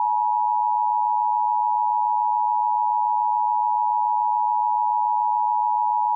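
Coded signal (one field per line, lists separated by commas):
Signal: Emergency Alert System (SAME) tones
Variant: 853 and 960 Hz attention tone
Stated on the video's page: National Periodic Test received on an Optimum/Suddenlink Altice One cable box.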